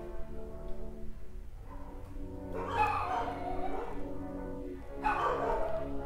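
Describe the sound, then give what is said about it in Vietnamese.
A dog barks in two short, sharp bursts a couple of seconds apart, loud over a steady low hum that runs underneath throughout. “Chó bắt đầu sủa.”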